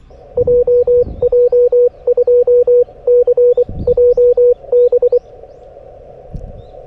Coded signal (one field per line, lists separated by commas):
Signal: Morse code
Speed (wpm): 23 wpm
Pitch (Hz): 490 Hz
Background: radio noise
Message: JJ2 C JB